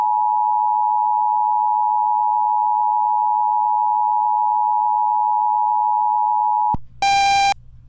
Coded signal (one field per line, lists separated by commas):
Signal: Emergency Alert System (SAME) tones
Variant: 853 and 960 Hz attention tone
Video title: EAS Severe Thunderstorm Warning Dallas, Texas WBAP-AM (Special Report/EAS)